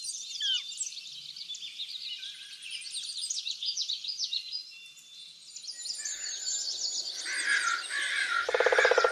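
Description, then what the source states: Bird chorus of overlapping high chirps and trills, joined late by a louder, buzzy rasping sound during the final seconds. Backyard.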